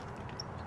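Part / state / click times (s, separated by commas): wiper blade hook into wiper arm / seated / 0.4 s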